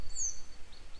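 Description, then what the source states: Grey wagtail giving one clear thin, high descending call, followed by two fainter high notes, over a low rumbling background. A pair, still searching for their young today; follow-up report.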